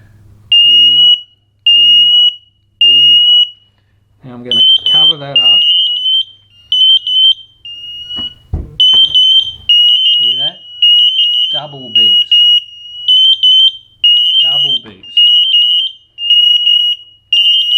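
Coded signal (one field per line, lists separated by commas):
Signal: alarm pattern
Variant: Emerald interlinked smoke alarm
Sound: loud high-pitched smoke alarm beeps in groups of three, repeating, with a man talking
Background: man talking indoors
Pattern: temporal three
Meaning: Identifies the alarm that detected the smoke and is setting off the others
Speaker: that sounds should be the one that comes up with the solid beeps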